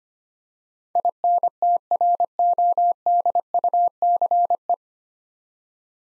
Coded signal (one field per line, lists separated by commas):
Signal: Morse code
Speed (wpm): 25 wpm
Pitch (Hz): 700 Hz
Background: none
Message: INTRODUCE